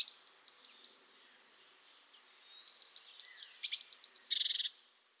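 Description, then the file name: Eurasian blue tit calls: two short high notes at the start, then after a pause a quick run of thin, high-pitched notes ending in a brief buzzy churr. "Cyanistes caeruleus"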